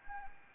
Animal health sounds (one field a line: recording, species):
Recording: mosquito wingbeat signal from an infrared sensor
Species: Anopheles gambiae